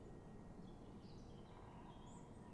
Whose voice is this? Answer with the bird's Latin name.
Dendrocopos major